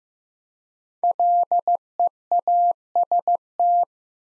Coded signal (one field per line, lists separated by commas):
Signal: Morse code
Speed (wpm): 15 wpm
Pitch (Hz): 700 Hz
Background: none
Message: LEAST